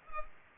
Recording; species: mosquito wingbeat signal from an infrared sensor; Culex pipiens